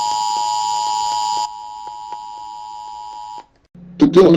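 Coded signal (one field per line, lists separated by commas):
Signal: Emergency Alert System (SAME) tones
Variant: 853 and 960 Hz attention tone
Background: speech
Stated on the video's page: Fictional parody EAS interruption.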